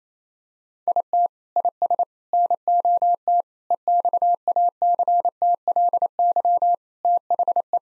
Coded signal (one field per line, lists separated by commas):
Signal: Morse code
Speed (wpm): 28 wpm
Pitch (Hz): 700 Hz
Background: none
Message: IT IS NOT EXACTLY THE